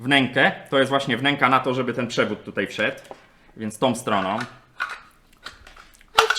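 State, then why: Seated. Someone talks while pressing the plastic heater basket (holder) back into the housing of a Philips LatteGo espresso machine being repaired for error 11, pushing in first the side with the recess for the cable. A loud, sharp click at 6.2 seconds marks the basket snapping into place, and it is seated.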